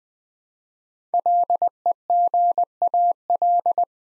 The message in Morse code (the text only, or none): LEGAL